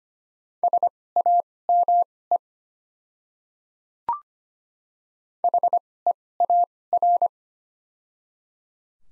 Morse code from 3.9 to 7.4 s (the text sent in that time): HEAR